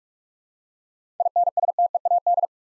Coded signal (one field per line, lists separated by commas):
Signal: Morse code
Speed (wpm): 46 wpm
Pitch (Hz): 700 Hz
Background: none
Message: INSTEAD